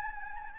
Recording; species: mosquito wingbeat signal from an infrared sensor; Anopheles gambiae